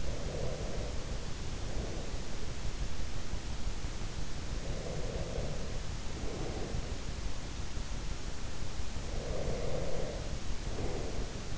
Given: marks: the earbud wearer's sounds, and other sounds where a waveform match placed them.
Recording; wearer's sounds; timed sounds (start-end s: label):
sounds in sleep by an in-ear microphone; breath
0.00-2.50 s: breath
4.62-7.04 s: breath
9.06-11.58 s: breath